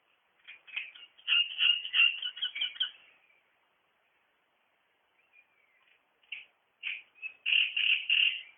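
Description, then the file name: Great reed warbler singing a burst of grating, croaky chatter, pausing briefly with a few faint notes, then launching into another loud harsh phrase. "Drosselrohrsänger"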